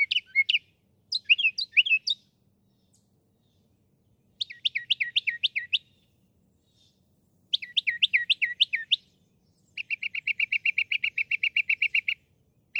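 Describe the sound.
Northern mockingbird song: varied phrases of repeated notes, sweeping chirps in quick sets, then a long buzzy trill of rapid identical notes, with short pauses between phrases.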